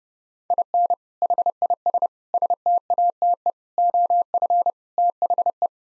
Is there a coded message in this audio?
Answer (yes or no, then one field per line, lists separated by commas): yes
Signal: Morse code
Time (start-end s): 0.5-5.7 s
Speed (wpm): 32 wpm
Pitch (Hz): 700 Hz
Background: none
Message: IN HIS STATE OF THE